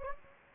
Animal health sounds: mosquito wingbeat signal from an infrared sensor; Anopheles gambiae

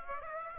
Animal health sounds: mosquito wingbeat signal from an infrared sensor; Aedes aegypti

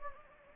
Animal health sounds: mosquito wingbeat signal from an infrared sensor; Anopheles gambiae

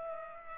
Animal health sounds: mosquito wingbeat signal from an infrared sensor; Culex pipiens

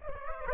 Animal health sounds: mosquito wingbeat signal from an infrared sensor; Aedes aegypti

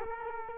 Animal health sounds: mosquito wingbeat signal from an infrared sensor; Culex quinquefasciatus

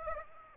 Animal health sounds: mosquito wingbeat signal from an infrared sensor; Aedes aegypti

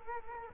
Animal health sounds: mosquito wingbeat signal from an infrared sensor; Culex quinquefasciatus

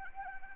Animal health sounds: mosquito wingbeat signal from an infrared sensor; Anopheles arabiensis

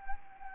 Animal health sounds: mosquito wingbeat signal from an infrared sensor; Anopheles gambiae

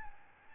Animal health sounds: mosquito wingbeat signal from an infrared sensor; Aedes albopictus

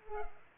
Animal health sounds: mosquito wingbeat signal from an infrared sensor; Culex pipiens

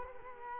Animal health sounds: mosquito wingbeat signal from an infrared sensor; Culex quinquefasciatus

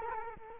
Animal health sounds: mosquito wingbeat signal from an infrared sensor; Culex quinquefasciatus

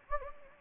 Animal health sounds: mosquito wingbeat signal from an infrared sensor; Anopheles gambiae

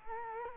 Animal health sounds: mosquito wingbeat signal from an infrared sensor; Culex quinquefasciatus

